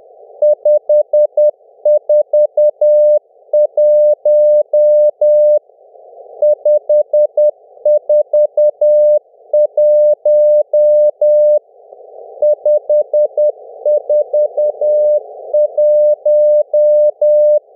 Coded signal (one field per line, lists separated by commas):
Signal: Morse code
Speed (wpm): 10 wpm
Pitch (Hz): 600 Hz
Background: music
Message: 541 541 541